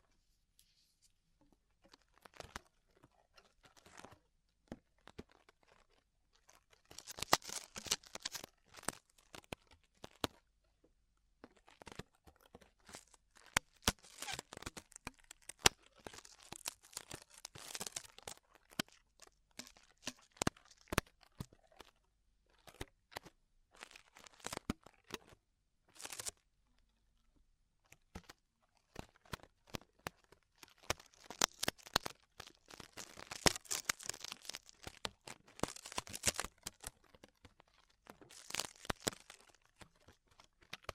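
Tingly ear-exploration sounds: dense crinkling, crunching and tearing scratches in bursts, busiest around 7–20 and 31–40 seconds, with quieter gaps between.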